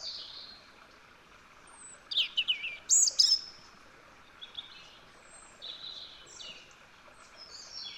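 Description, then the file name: European robin song, a few bright, high trilling and tinkling phrases, varied in pitch, with quiet gaps between them. "Erithacus rubecula"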